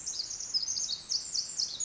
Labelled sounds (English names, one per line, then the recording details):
Pacific Wren
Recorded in Sonoma County, California